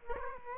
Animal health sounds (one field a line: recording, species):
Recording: mosquito wingbeat signal from an infrared sensor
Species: Aedes aegypti